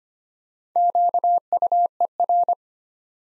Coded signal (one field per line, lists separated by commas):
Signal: Morse code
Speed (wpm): 25 wpm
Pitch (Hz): 700 Hz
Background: none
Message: QUER